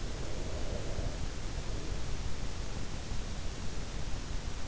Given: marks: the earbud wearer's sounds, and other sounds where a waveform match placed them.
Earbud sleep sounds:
sounds in sleep by an in-ear microphone; breath
0.01-2.81 s: breath

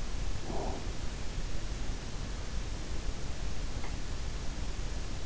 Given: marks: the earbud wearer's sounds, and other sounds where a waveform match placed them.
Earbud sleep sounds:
sounds in sleep by an in-ear microphone; breath
0.43-0.89 s: breath

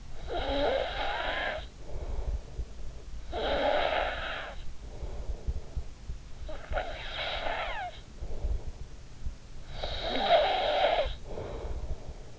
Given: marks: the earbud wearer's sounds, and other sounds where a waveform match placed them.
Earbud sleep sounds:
sounds in sleep by an in-ear microphone; snoring breath
0.00-2.85 s: snoring breath
3.11-6.19 s: snoring breath
6.39-9.14 s: snoring breath
9.34-12.39 s: snoring breath

